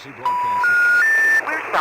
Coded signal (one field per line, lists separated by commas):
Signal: telephone call progress tone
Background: speech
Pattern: special information tone